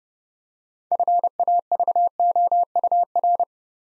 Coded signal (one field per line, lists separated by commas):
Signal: Morse code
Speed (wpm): 30 wpm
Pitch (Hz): 700 Hz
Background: none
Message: FAVOUR